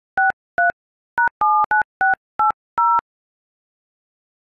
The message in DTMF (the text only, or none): 63 #79680